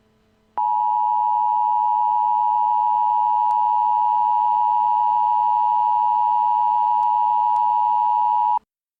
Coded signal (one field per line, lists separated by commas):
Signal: Emergency Alert System (SAME) tones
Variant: 853 and 960 Hz attention tone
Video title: NATO End of the World EAS Alert